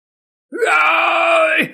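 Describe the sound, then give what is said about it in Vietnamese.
A man lets out a single loud, drawn-out agonized shout, rising sharply at the start, holding a strained, harmonic-rich tone for about a second, then dropping off abruptly, voicing the character Kim Âu Vương shouting in the story Già Thiên. “Kim Âu Vương hét to một tiếng, thân thể mờ nhạt thành tro bụi,”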